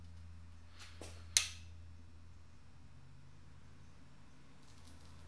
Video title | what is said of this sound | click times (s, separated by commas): 4G63T Engine Block assembly :Mitzi Engine Check Episode 6 | now I just got to wait until it clicks and then turn in an additional quarter turn so that would be 90 degrees and | 1.4 s